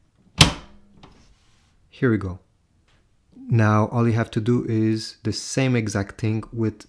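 A black ink cartridge is slid into its slot in the carriage of an HP Deskjet 2723 inkjet printer and pushed with the thumb until it snaps into place with a sharp click at 0.4 s. After the click, someone talks, and the cartridge is seated.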